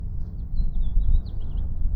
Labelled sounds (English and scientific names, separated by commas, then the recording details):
House Finch (Haemorhous mexicanus) song
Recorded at Atlantic Beach West on Long Island, New York, on 2 June 1975
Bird B